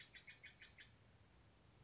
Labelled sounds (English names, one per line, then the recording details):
Steller's Jay
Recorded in Sonoma County, California